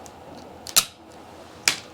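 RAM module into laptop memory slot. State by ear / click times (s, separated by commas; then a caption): seated / 1.7 s. An 8 GB RAM stick is pressed down into the memory slot of a Dell laptop until the retaining clips catch. Faint ticks and a sharp snap near 0.8 s come first, then a crisp, bright click at 1.7 s as the module seats in place.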